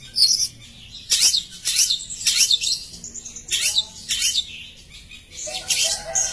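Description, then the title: Long-tailed shrike producing loud, harsh, grating notes in separate bursts about once a second, some with faint lower tonal tails. "Cendet"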